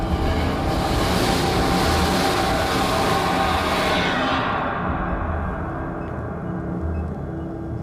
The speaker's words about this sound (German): Während sich meine Augen an die Dunkelheit gewöhnten, spürte ich ein Vibrieren. Ein Zug näherte sich und fegte haarscharf an mir vorbei.